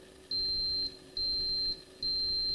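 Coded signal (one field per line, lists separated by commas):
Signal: beep code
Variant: AIM USB altimeter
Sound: three long high-pitched beeps with short pauses between them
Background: low electrical hum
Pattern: 3 long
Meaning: Long beeps mean nothing is attached to channel A (continuity fail)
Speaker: I expect the channel A set of beeps will fail. They'll be long beeps.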